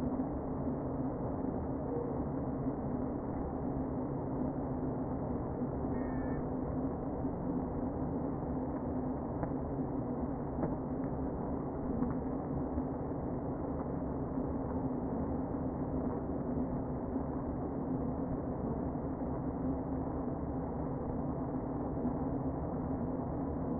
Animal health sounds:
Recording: honeybee colony, microphone inside the hive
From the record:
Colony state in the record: queen present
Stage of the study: before two queens were removed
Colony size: about 60,000 bees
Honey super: yes

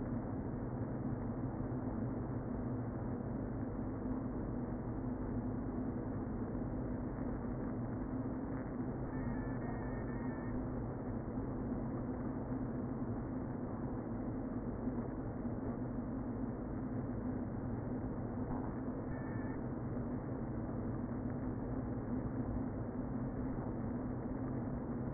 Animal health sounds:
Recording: honeybee colony, microphone inside the hive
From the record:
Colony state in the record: queen present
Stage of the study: before two queens were removed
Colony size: about 60,000 bees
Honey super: yes

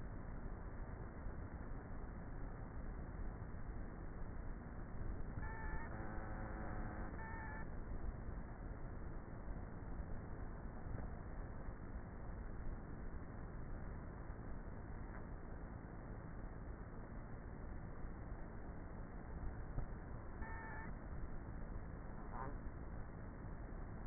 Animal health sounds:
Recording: honeybee colony, microphone inside the hive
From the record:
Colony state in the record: queenless with a low population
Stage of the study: before two queens were removed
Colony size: about 30,000 bees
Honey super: no

